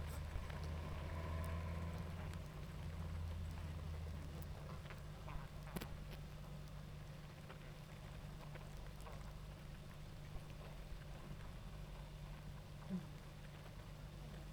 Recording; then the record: honeybee colony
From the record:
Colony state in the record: active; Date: 28 July 2017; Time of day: 19:35